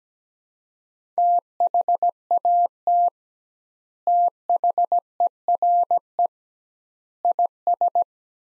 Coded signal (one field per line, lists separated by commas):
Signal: Morse code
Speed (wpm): 17 wpm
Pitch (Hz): 700 Hz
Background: none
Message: THAT THERE IS